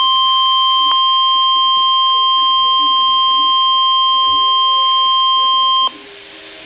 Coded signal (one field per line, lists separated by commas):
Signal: Emergency Alert System (SAME) tones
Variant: 1050 Hz attention tone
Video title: Special Marine Warning [EAS #66] 7-9-12